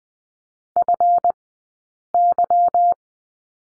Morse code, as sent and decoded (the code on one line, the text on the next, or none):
..-. -.--
FY